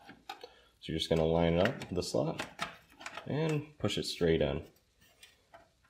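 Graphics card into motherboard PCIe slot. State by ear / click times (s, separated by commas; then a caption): not seated / none. A graphics card is lined up with the motherboard PCIe slot and pushed straight on while someone talks, with a few faint handling ticks near the start and end. Nothing has seated or clicked yet.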